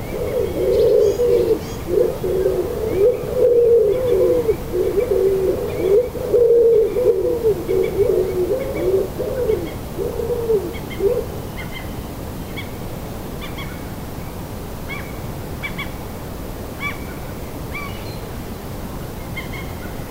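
Birds chirp at sunrise in a Danish city. For the first eleven seconds a pigeon coos in a low, steady, rolling call, then stops and the clip grows quieter. Short, bright chirps repeat every second or so throughout, over a constant low rumble.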